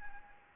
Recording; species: mosquito wingbeat signal from an infrared sensor; Anopheles arabiensis